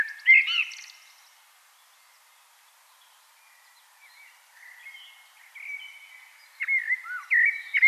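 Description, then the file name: Common blackbird singing: a loud warbled burst with a thin high twitter, a long quiet pause, then soft twittering leading into several loud fluty notes near the end. "Turdus merula"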